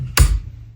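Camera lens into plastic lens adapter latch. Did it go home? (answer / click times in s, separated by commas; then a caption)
yes / 0.2 s. A camera lens is attached to a 3D printed plastic lens adapter with a spring latch and clicks into place at 0.2 s. A single sharp, bright click with a low thump sounds over a steady low hum, then fades within about half a second. The lens is seated in the adapter.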